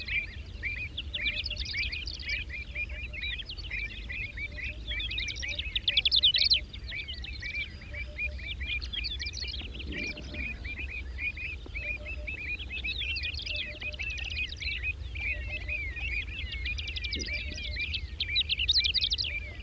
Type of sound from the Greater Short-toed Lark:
song